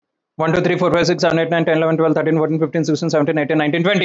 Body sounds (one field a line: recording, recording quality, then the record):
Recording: counting at a fast pace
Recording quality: excellent, no background noise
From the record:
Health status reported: healthy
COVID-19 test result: not tested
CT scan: not taken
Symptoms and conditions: none ticked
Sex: female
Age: 56 years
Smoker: no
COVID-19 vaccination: none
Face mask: not worn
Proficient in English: no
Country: India